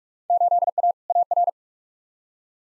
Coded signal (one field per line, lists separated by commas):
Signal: Morse code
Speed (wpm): 46 wpm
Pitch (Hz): 700 Hz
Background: none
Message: 8A AR